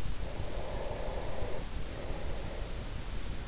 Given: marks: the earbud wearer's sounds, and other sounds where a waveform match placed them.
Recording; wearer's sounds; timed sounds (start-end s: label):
sounds in sleep by an in-ear microphone; breath
0.34-3.37 s: breath